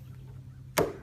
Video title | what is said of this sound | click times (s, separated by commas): How to replace an Andersen window crank | and now it's clip snapped in place | 0.8 s